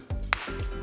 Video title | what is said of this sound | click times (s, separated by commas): i made a tiny robot and it's weirdly cute | fully articulate and these just snap into place kind of like this. | 0.3 s